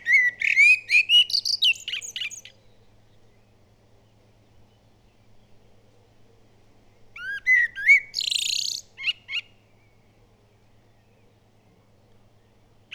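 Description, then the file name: Common blackbird singing two phrases: rich fluting whistles that break into scratchy, high twittering flourishes, with a long silent gap between them and a faint steady hum. "Turdus merula"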